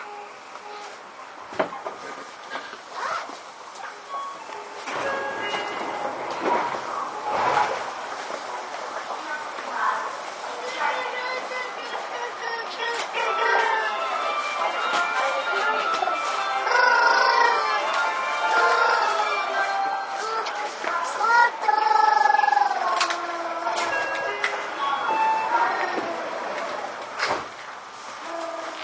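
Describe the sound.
A Seibu 6000 series train ride, with voices talking over a steady running noise full of whining tones and squeals. Sharp clicks and knocks come at about 2 and 7 seconds, and the sound grows louder and busier from roughly 15 to 23 seconds.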